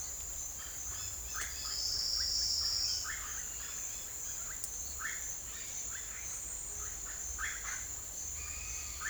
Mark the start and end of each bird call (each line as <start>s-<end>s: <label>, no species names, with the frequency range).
0.00s-9.10s: bird call (0.7-5.8 kHz)